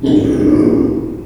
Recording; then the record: squeal of a Yucatan mini pig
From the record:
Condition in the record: before surgery on the right vocal fold (resection and tissue-engineered implant); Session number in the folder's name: 1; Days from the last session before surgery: -3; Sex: male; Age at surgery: 12 weeks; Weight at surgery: 13 kg